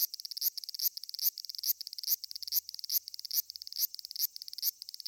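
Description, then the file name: Cicada calling in short, buzzy, high-pitched pulsed bursts, repeated a bit more than twice a second in a steady rhythm, with no other clear sounds. "cicada abra"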